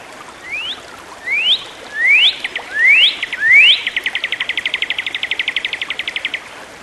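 Bird song: five rising whistles growing louder, then a long fast trill of short repeated notes.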